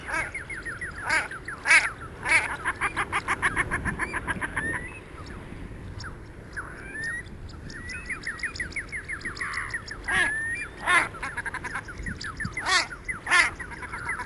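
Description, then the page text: Common shelduck with loud harsh notes between bursts of quick rattling cackles. "Marco Dragonetti - Пеганка (Tadorna tadorna)"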